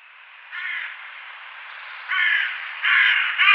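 Crow cawing: after half a second of steady hiss, four harsh, hoarse caws arrive, the last two close together near the end.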